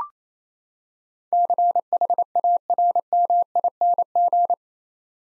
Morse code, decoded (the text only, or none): CHARMING